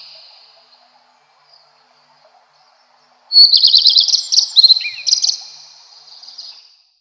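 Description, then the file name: Common Redstart song: after a quiet start, one high, rapid twittering phrase with a brief downward slur, trailing off softly. "Golosa ptic - Gorihvostka lysushka"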